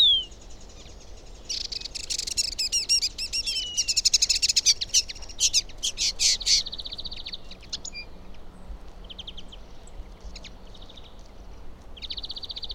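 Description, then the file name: Common linnet singing a rapid, jangling twitter of mixed chirps and trills, easing into shorter buzzy phrases with gaps between them. "kenderike hangja"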